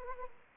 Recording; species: mosquito wingbeat signal from an infrared sensor; Anopheles arabiensis